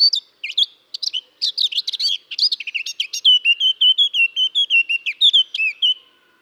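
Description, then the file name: Eurasian blackcap song: a hurried, scratchy warble that turns into a loud series of clear, fluted whistles repeated steadily in quick succession. "Sylvia atricapilla"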